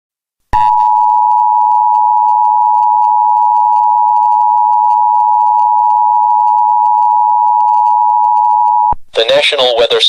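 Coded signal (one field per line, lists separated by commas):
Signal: Emergency Alert System (SAME) tones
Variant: 853 and 960 Hz attention tone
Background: speech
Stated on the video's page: Simulated EAS scenario.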